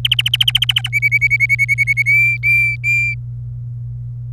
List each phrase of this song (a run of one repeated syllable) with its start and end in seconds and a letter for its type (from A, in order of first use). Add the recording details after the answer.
0.05-0.89 A, 0.93-2.02 B, 2.06-3.14 C. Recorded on 26 April 2018 at 17:51. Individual llb3